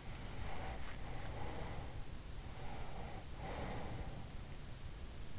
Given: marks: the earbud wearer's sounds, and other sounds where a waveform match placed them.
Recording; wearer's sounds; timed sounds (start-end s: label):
sounds in sleep by an in-ear microphone; breath
0.26-2.54 s: breath
3.12-5.12 s: breath